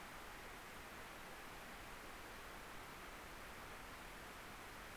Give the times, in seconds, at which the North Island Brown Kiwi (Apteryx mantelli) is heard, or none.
none